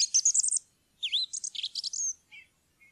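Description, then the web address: Song thrush song with rapid, squeaky, high-pitched phrases of chattering notes, then a brief pause and a few softer notes at the end. "fuglelyder maaltrost"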